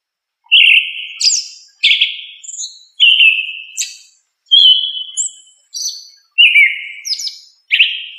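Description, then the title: Thrush song of whistled phrases, each a strong note followed by higher thin notes, with brief silences between phrases. "Familia Turdidae - Sabia"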